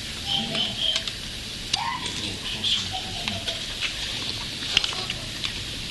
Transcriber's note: noises coming from outside